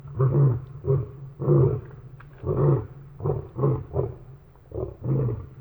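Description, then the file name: Lion roaring in a run of deep, short grunts. Lions roaring in Botswana, May 2015. "Lions-dramatically-roaring-Botswana-May-2015"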